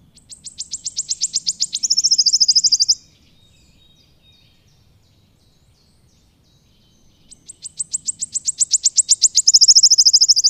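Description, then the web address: Wood warbler giving two loud songs, each starting with spaced high ticks that quicken into a rapid silvery trill lasting about a second, separated by a silent pause. "agykontroll Madardalok Cd 1. Sisegő füzike"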